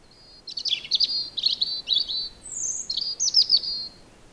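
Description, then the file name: European robin singing a run of high, fast, tinkling phrases with trills and thin whistles, some sliding downward, over a quiet background. "Erithacus rubecula"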